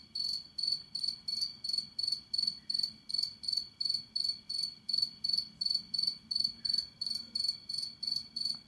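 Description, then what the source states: Cricket chirping: regular high pulsed chirps repeating steadily without pause, over low background noise. Recorded at night.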